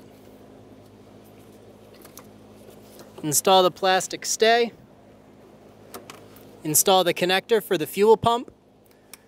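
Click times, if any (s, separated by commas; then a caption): 9.1 s. Someone talks while the plastic electrical connector on the fuel pump wiring harness is pushed onto the fuel pump module of a 2010-2014 Subaru Outback (2.5L H4), with small handling taps in between. A sharp click at 9.1 s marks the connector latching, seated and locked on.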